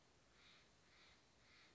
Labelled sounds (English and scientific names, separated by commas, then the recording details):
Steller's Jay (Cyanocitta stelleri)
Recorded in Sonoma County, California